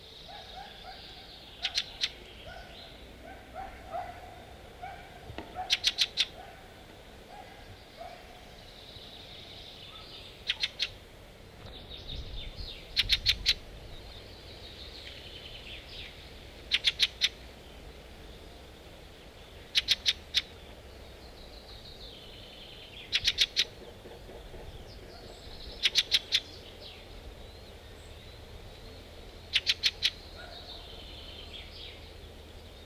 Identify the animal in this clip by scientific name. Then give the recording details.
Turdus pilaris. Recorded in the wild. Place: Clausthal-Zellerfeld, Oberharz, Niedersachsen, DE. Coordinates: 51.78, 10.33. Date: 1986-06-16. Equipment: Sony WM-D6C, Parabolscheibe. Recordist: Skiba, Reinald. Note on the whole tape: Buntenbock, Harz